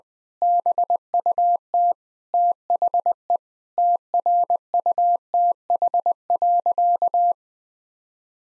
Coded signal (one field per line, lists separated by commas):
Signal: Morse code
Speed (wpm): 20 wpm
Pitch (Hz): 700 Hz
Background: none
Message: BUT THE TRUTH.